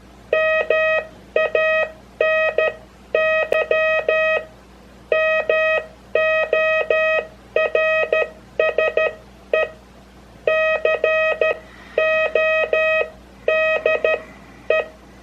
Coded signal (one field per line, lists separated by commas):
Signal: Morse code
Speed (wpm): 13 wpm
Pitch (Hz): 630 Hz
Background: none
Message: MANY MORSE CODE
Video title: Morse Code (CW) Sending Details and Practice Tips